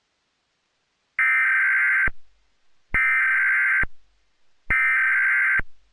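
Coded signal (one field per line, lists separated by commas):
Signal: Emergency Alert System (SAME) tones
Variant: header bursts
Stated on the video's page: Fictional recreation of a hijacked national EAS test; not real.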